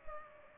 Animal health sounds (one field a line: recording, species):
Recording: mosquito wingbeat signal from an infrared sensor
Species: Culex pipiens